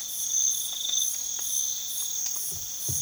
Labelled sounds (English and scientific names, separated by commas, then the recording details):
none
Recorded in pastures near Puerto Asís, Putumayo, Colombia, on 12 March 2025 at 04:00
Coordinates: 0.487, -76.322
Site G077